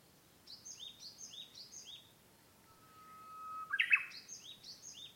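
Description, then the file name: Japanese bush warbler singing a drawn-out whistle that ends in a sharp burst of notes, while a second bird repeats thin, falling high chirps. "uguisu"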